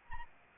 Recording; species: mosquito wingbeat signal from an infrared sensor; Anopheles arabiensis